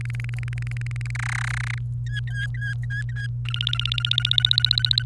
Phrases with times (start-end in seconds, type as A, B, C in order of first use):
0.01-1.11 A, 1.15-1.78 B, 2.06-3.27 C, 3.45-5.02 D